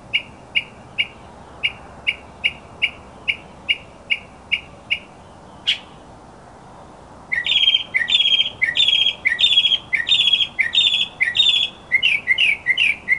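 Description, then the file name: Mockingbird song: a steady series of single sharp chirps, a pause, then a loud, fast stream of buzzy, scratchy notes. Recording used as a master song for training other birds. "suara masteran mockingbird"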